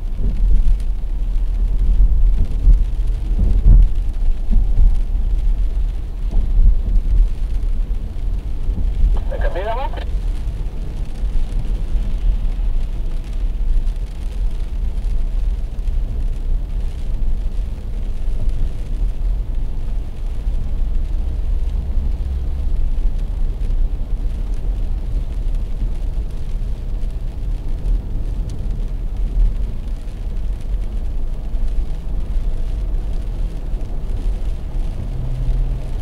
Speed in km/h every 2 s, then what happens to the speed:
44, 46, 46, 46, 47, 50, 51, 55, 58, 57, 59, 62, 62, 63, 62, 64, 66, 71.
0-22 speeds up to 62. 22-28 steady at about 62. 28-36 speeds up to 71.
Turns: none.